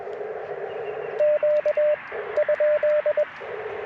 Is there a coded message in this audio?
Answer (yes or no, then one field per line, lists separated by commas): yes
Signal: Morse code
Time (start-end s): 1.2-3.2 s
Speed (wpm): 20 wpm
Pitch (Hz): 600 Hz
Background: radio noise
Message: Q ?